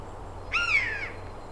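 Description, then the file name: Eurasian jay uttering a single harsh, slightly falling screech lasting about half a second against a quiet hissy background. "Garrulus glandarius"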